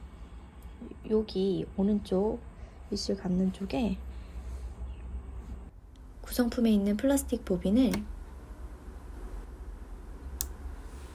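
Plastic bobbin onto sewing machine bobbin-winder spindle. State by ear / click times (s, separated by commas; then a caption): seated / 10.4 s. A plastic bobbin from the accessory kit is pushed onto the bobbin-winder spindle on the right side of a Brother FS80X sewing machine. Someone talks, then after a quieter pause the bobbin snaps on with one sharp click at 10.4 s, seating it on the spindle.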